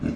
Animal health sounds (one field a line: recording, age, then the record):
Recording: pig call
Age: growing-finishing pig (85 days or more)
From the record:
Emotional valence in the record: negative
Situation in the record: barren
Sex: male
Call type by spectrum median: low-frequency call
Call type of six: low-frequency stable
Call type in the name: low-frequency stable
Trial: 2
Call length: 0.16 s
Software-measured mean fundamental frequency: 47 Hz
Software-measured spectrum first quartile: 173 Hz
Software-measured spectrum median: 251 Hz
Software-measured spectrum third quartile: 381 Hz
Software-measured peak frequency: 236 Hz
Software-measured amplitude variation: 199 dB a second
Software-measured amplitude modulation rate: 18.6 a second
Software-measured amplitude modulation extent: 10.7 dB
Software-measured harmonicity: 2.9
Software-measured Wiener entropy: -0.52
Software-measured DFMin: 816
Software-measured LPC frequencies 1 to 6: 301, 1437, 2102, 2677, 3496, 4119 Hz